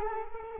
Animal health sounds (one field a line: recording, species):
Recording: mosquito wingbeat signal from an infrared sensor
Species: Culex quinquefasciatus